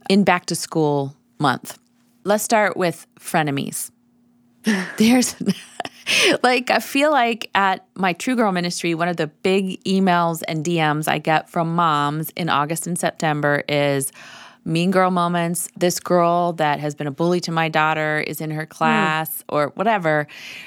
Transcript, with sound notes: in back-to-school month. Let’s start with “Frenemies.” (laughter) I feel like at my True Girlministry, one of the big emails and DMs I get from moms in August and September are “mean girl moments”—this girl that has been a bully to my daughter is in her class, or whatever.